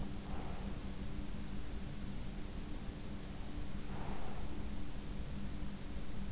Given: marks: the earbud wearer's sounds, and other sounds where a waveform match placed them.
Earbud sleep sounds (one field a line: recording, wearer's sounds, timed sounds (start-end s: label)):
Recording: sounds in sleep by an in-ear microphone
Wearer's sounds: breath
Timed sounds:
0.00-0.83 s: breath
3.35-4.61 s: breath